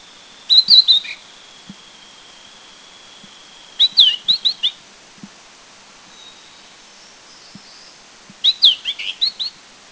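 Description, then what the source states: Collared bush robin song: three short phrases of high, thin, twittering notes roughly every four seconds, with a steady faint high whine between the first two. Song recorded at Anmashan, Taiwan, in April 2010.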